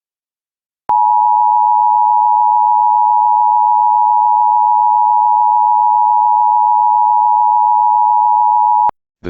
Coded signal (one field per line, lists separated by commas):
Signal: Emergency Alert System (SAME) tones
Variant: 853 and 960 Hz attention tone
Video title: EAS Blue Alert Alabama Statewide for Prison Escapee and a Missing Correctional Officer